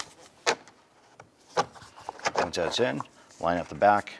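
A plastic door trim panel is handled against the door of a 2004–2009 Dodge Durango during an exterior door handle replacement: its front tab has gone in first at an angle and the back is being lined up. Someone talks over a few light knocks and taps. Nothing has seated or clicked yet; the panel has not been pressed down to snap in.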